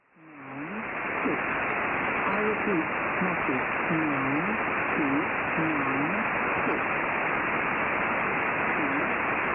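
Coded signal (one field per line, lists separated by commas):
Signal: numbers station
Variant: female automated voice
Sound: faint female voice reading short evenly spaced words, buried under loud shortwave static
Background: radio static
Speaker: this impostor number station was logged on 6927 khz on December the 20th 2010 at235 said it contained a female automated voice reading a long string of numbers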